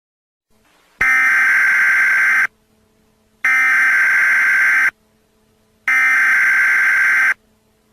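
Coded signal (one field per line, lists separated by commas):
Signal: Emergency Alert System (SAME) tones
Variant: header bursts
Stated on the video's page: Fictional EAS scenario.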